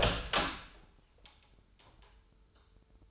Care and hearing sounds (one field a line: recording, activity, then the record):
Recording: daily activity, microphone in the room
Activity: open door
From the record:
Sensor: 2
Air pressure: 996.0 hPa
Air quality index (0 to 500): 57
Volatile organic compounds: 2 ppm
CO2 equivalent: 1220 ppm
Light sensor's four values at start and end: 11/27/11/12 and 11/27/11/12